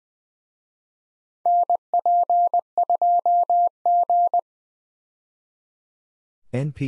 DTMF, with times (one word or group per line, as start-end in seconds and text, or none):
none